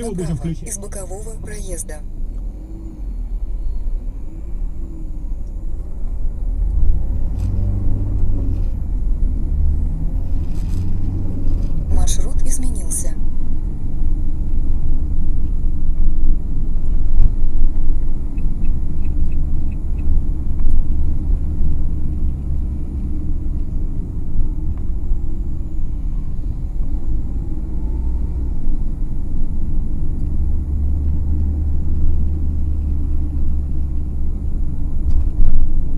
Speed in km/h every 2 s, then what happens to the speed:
0, 6, 12, 22, 33, 38, 44, 41, 42, 44, 45, 38, 32, 38, 45, 48, 44, 43.
0-12 pulls away to 44. 12-20 steady at about 44. 20-24 slows to 32. 24-29 speeds up to 48.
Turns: none.